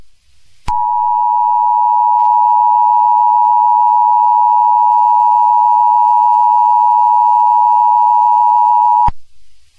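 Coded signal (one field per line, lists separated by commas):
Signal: Emergency Alert System (SAME) tones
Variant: 853 and 960 Hz attention tone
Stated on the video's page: Fake tornado warning for Sacramento, made up rather than a real alert.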